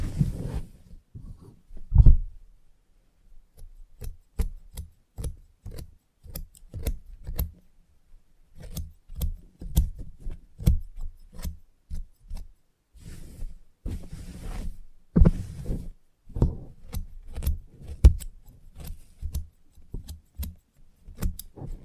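Scissors snip steadily through a haircut, sharp metallic clicks arriving in quick irregular bursts, often several per second, with brief pauses around two seconds and near twelve seconds. A low soft rumble and faint rustling sit underneath the cuts.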